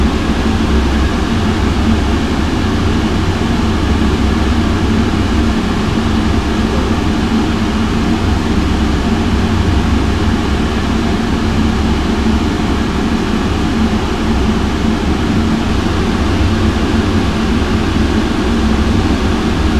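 A vent blows a constant rushing hiss, unchanging for the full length with no breaks or events. The sound is dense and weighted low, with a deep rumbling drone underneath and a faint steady hum in the lower middle, like air moving through ductwork.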